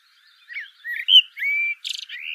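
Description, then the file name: Eurasian blackbird singing: mellow whistles, then a sustained clear note and a thin high twittering flourish. "Turdus merula"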